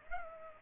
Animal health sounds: mosquito wingbeat signal from an infrared sensor; Culex pipiens

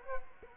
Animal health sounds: mosquito wingbeat signal from an infrared sensor; Culex quinquefasciatus

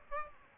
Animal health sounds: mosquito wingbeat signal from an infrared sensor; Aedes aegypti

